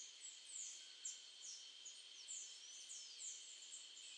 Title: LuckyPassaro Completos2Sama. Scale-throated Hermit (Phaethornis eurynome eurynome (ssp asumed from location))